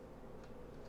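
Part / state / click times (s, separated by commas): top cover onto mini drone body / not seated / none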